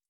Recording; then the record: hydrophone in a shrimp aquaculture tank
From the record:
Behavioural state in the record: starved